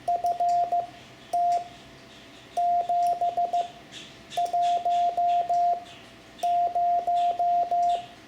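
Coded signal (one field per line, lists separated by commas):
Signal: Morse code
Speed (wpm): 15 wpm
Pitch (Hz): 700 Hz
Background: radio noise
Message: FT710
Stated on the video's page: Morse lesson on punctuation and abbreviations for amateur radio.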